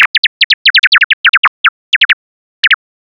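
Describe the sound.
Bat calls: rapid short chirps sweeping steeply downward, in uneven clusters with brief silent gaps between them.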